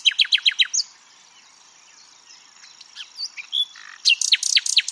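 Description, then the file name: Common nightingale song: a quick run of repeated downslurred notes, a brief pause, scattered soft whistles, then another rapid burst of sharp descending notes. "Luscinia megarhynchos"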